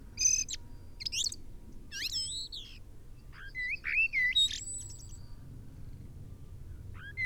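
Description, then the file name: Common blackbird producing squeaky high notes and short slurred whistles in bursts, with a wavering fluty phrase midway and a last brief note at the end. "Turdus merula"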